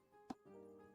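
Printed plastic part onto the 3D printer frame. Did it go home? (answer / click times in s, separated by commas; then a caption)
yes / 0.3 s. A small printed plastic part is pressed onto the frame of an LDO Voron Switchwire revC 3D printer during assembly. A single sharp, fast-decaying snap is heard at 0.3 s over a quiet background hum, and the part seats in place.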